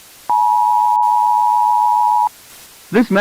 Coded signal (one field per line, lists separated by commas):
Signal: Emergency Alert System (SAME) tones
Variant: 853 and 960 Hz attention tone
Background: speech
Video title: EAS Scenario - Russian Desperation